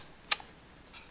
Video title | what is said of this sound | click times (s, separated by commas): BLMS PA - How To Use a Tripod | and it'll lock back into place now it's not going to come up | 0.3 s